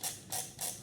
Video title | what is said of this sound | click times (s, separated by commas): Інструкція для нових користувачів страйкбольними приводами. | зробили декілька черг накручувати треба до щелчка є характерний щелчок | 0.3 s